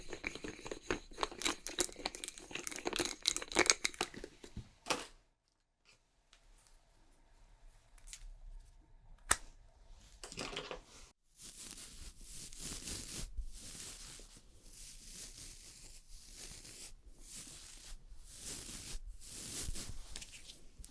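Fast, aggressive ASMR makeup sounds with dense crinkling, tapping and scratchy bursts packed together for the first five seconds. A near-silent pause follows with a few sparse clicks and a sharp tap near nine seconds. From eleven seconds, steady brushing hiss returns, broken by quick crisp rustles.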